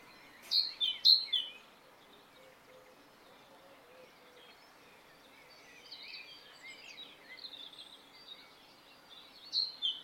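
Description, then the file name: Great tit calls: short, sharp high notes in a quick cluster near the start, softer scattered notes midway, then another bright burst at the end over a steady background hiss. "Parus major"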